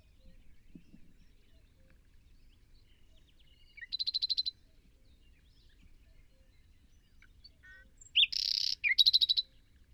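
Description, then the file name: Common nightingale song: a quick rattling trill of evenly repeated notes, silence, then a loud buzzy burst followed by another rapid rattle. "Luscinia megarhynchos"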